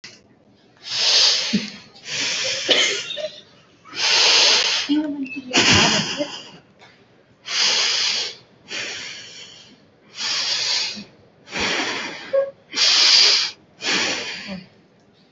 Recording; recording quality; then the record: shallow breathing; excellent, no background noise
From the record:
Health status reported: healthy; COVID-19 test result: negative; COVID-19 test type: RT-PCR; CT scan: not taken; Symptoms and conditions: cold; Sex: female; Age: 21 years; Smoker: no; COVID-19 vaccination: none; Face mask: worn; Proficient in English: yes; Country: India